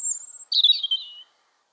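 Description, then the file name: European robin song: a sustained, very high, thin whistle followed by a short, sweet warbling descent, then silence. "Erithacus rubecula"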